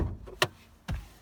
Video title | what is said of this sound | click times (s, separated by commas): DIY Open HOOD Hyundai Tucson Hood Latch 2016-Now DIY How to Pop the Hood | You're going to pull that towards you. You'll hear a pop in the front. | 0.4 s